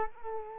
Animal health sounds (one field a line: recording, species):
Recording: mosquito wingbeat signal from an infrared sensor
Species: Culex quinquefasciatus